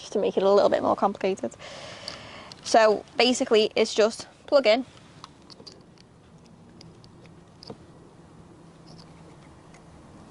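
Someone talks while an LED fog light unit's wiring plug is brought to the fog light wiring connector on a Mk8 Fiesta ST fitted with colour-changing fog lights. After the talking stops, only quiet handling noises and a few faint ticks are heard. Nothing has seated or clicked yet.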